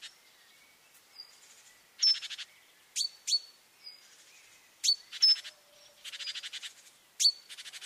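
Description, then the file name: Great tit calls: thin high chips and brief whistles alternating with harsh buzzy churring bursts, irregular. "Parus major"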